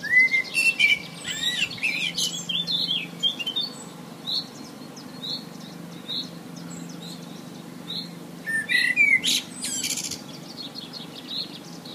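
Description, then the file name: Common blackbird song: low fluted warbled phrases ending in squeaky high twitters, one at the start and another near nine seconds, with other birds' short high notes between. "Merle"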